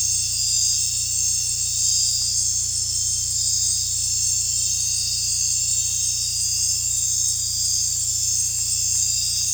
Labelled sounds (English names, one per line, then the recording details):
none
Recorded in dense forest near Puerto Asís, Putumayo, Colombia, on 16 December 2024 at 19:00
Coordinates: 0.467, -76.328
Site GP05